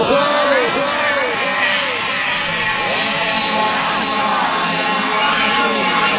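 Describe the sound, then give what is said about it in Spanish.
A rowdy crowd in Argentina shouts and whoops nonstop, many voices overlapping in loud, rising and falling yells that stay dense and chaotic throughout. “acá es todo un quilombo descontrolado”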